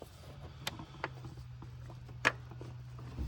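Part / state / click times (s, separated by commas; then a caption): transmission fluid filter into filter housing / seated / 2.3 s. A DSG transmission fluid filter cartridge from a VW GTI is put back into its filter housing and pushed down until it snaps into place, a fit that is mostly felt rather than heard. Faint taps at 0.7 s and 1.0 s come before the loudest sharp click at 2.3 s, when the filter seats home, over a steady low hum. The filter is confirmed seated.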